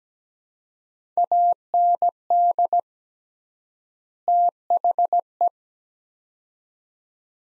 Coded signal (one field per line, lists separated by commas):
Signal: Morse code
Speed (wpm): 17 wpm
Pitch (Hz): 700 Hz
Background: none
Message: AND THE